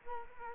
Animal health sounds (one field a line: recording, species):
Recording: mosquito wingbeat signal from an infrared sensor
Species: Culex quinquefasciatus